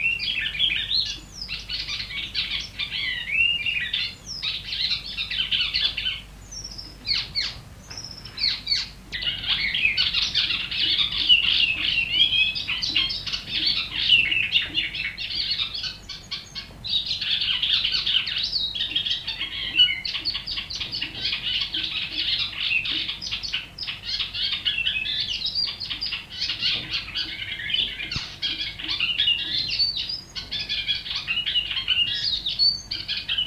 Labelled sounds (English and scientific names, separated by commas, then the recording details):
Icterine Warbler (Hippolais icterina)
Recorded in the wild
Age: adult
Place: Bodensdorf, AT
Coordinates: 46.68, 13.97
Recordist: Brunner, Thomas
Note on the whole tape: Aufnahme: Frühjahr 1961, bei Sigl in der Wohnung, Bodensdorf, Ossiachersee, Kärnten